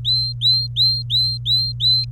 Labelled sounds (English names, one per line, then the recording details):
Domestic Canary song
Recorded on 26 April 2018 at 15:09
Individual llb3